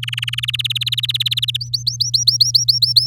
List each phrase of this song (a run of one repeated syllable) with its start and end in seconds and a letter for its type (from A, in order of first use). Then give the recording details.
0.03-0.40 A, 0.43-1.57 B, 1.60-3.07 C. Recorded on 6 May 2018 at 09:23. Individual llb16